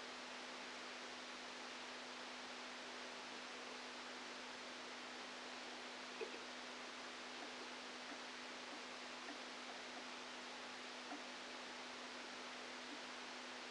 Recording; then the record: brain microelectrode recording played as sound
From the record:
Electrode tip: outside the subthalamic nucleus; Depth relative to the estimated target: -6 mm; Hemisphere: left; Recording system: NeuroSet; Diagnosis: Parkinson's disease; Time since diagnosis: 13 years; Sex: male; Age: 49 years